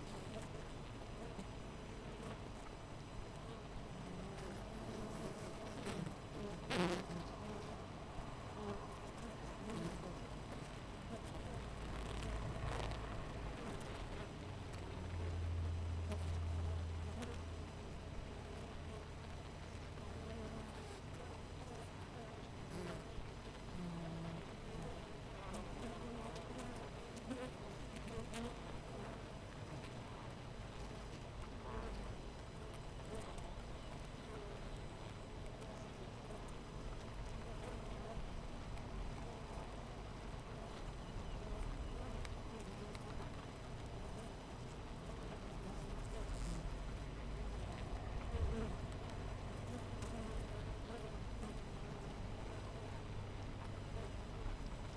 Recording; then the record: honeybee colony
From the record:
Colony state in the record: missing queen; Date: 14 July 2017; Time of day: 5:26